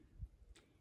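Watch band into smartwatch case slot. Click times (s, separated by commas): 0.6 s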